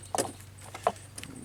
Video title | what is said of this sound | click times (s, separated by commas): Follow-Up: Ford F150 No 4x4! | go okay alright that click | 0.9 s